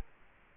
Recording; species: mosquito wingbeat signal from an infrared sensor; Culex quinquefasciatus